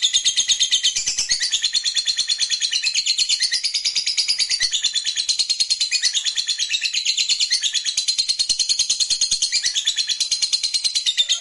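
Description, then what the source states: Lovebird delivering a continuous rapid trill of shrill, scratchy high notes, fast and sustained without pause across the whole stretch. Fighter lovebird performing ngekek, a long continuous trill.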